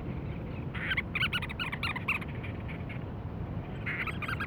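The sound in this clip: Cape Verde storm petrel calls: a run of quick, stuttering chattering notes for about two seconds, another short burst near the end, over a steady low roar.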